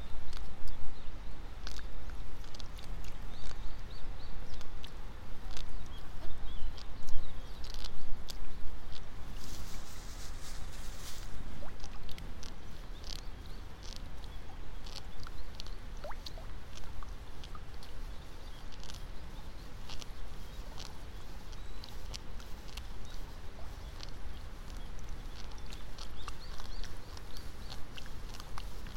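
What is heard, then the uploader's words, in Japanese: Someone works in a flooded seedbed, pulling seedlings by hand, with soft splashes and wet rustling that continue steadily. Short sharp clicks and taps recur every second or so, and birds call faintly in the background. The outdoor sound stays even throughout. イネの苗取り。朝から水苗代に入って、一本一本苗を取っています。片手握りいっぱいになったら、ワラで束にします。今日も鳥たち元気。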